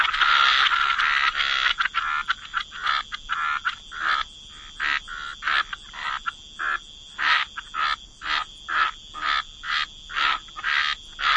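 Frog chorus that begins as a blended rasp and settles into evenly spaced croaks about twice a second, with a steady high tone behind.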